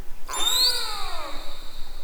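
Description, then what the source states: Killer whale call: a sudden bright, harmonic-rich squeal that rises briefly, then slowly slides downward. Northern killer whale, recorded March 2014.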